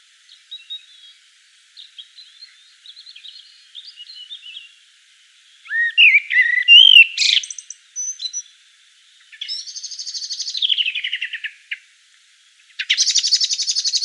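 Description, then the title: Common blackbird singing: soft quiet warbling at first, then louder fluting whistles, a descending squeaky phrase and a final burst of high chattering twitter. Sung in Provence at dusk. "Sylvain Jaskowiak - Mes piafs. Merle noir en Provence au crépuscule"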